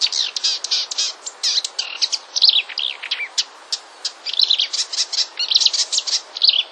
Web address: wroblowe kolekcja lozowka